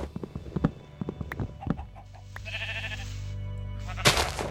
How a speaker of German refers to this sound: Ich befreie euch mal aus eurer misslichen Lage. Hier sind Schafe im Baum eingeklemmt. So, jetzt könnt ihr wieder raus.